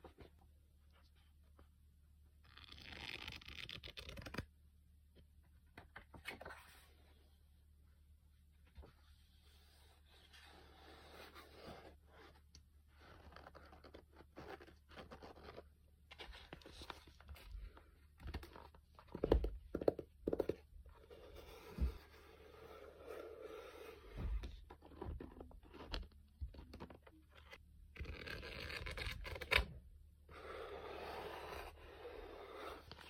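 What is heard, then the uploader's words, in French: Tapping sounds come in irregular clusters, some sharp and fast, others softer, with brief louder peaks around twenty and thirty seconds. Between them, rustling and scratchy brushing textures fill gaps over a constant low hum, with a few quiet pauses. ASMR taping principalement. ASMR tranquille no talking.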